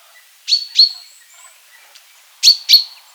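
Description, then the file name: Common chaffinch calls: sharp, bright 'pink' notes given in two pairs, the second pair about two seconds after the first, with faint high bird notes between. "Fringilla coelebs"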